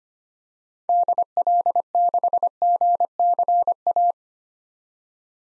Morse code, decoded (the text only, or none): DL6GCA